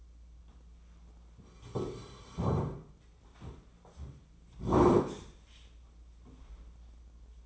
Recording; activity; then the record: daily activity, microphone in the room; sit down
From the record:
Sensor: 1